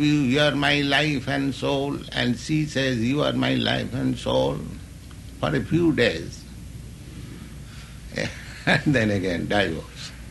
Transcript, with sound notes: You are my life and soul," and she says, "You are my life and soul." For a few days. [laughs] And then again divorce.